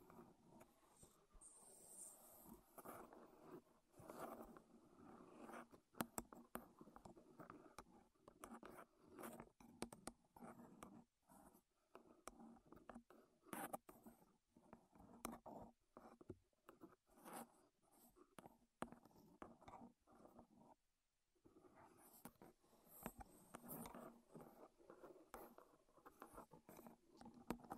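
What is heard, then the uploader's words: Wood triggers make a dense run of quick tapping and scratching clicks, mostly low-to-mid in tone, with a brief pause near twenty-one seconds. ASMR Wood Triggers in Your Ears (No Talking).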